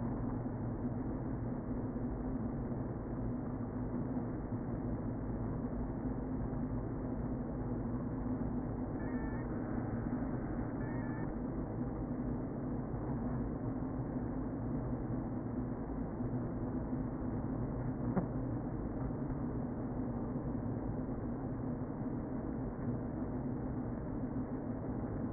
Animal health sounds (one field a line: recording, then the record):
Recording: honeybee colony, microphone inside the hive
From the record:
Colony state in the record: queen present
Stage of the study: before two queens were removed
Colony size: about 60,000 bees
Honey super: yes